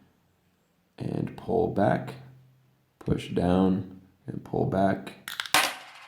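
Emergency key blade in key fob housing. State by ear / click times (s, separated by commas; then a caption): released / 5.5 s. Someone talks while pushing down the release button on a plastic 2019–2021 Jeep Gladiator key fob and pulling back on the metal emergency key blade, ahead of a battery replacement. A couple of faint ticks come just before the blade is released with a sharp click at 5.5 s as it pops out of the fob housing.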